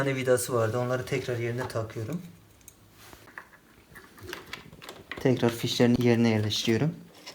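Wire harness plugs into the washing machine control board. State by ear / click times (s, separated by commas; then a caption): not seated / none. Wire harness plugs are pushed back toward their sockets on an Arçelik washing machine's electronic control board after the board is reattached. Someone talks between short handling taps and knocks. Nothing has seated or clicked into place yet.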